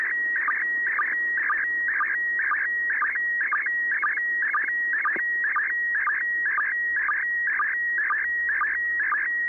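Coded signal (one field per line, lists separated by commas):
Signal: SSTV (slow-scan television)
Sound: steady high tone alternating with warbling chirps, short low blips twice per second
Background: radio static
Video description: ISS Slow Scan Television Broadcast downlink 145.800 Mhz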